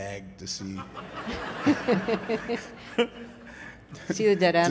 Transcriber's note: laughter